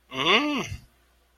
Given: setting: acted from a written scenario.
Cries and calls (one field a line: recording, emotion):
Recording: vocal sound without words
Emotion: awe